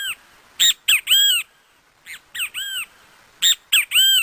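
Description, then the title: Great kiskadee giving its strident three-part call, short sharp notes followed by a longer arched squawk, repeated three times in quick succession against a quiet background. Recorded outdoors in Parque Avellaneda. "Canto Del Benteveo Aula A Cielo Abierto Parque Avellaneda"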